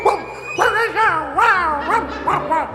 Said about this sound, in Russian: Их голоса становились все громче, все отрывистее и постепенно перешли в лай. А сами, не надев шубы, превратились в собак.